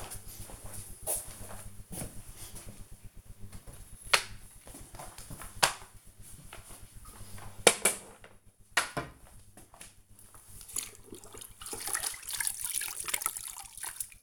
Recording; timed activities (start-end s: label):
household activities, microphone on the right wrist
2.59-14.23 s: floor cleaning